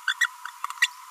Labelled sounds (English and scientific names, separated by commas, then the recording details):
Green-rumped Parrotlet (Forpus passerinus) babbling
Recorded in a nest box in Venezuela
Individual 18B25A3